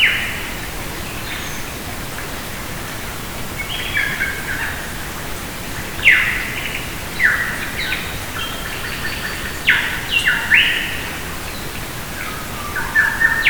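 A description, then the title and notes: Lyrebirds call in bursts of bright, sweeping and chattering notes, with louder phrases near six, seven, and ten seconds and again toward the end. The song is irregular, shifting between whistles and rapid trills. A steady low hiss runs underneath throughout. Lyrebirds in Namadgi. Recorded one afternoon in Namadgi NP (near Canberra) in winter.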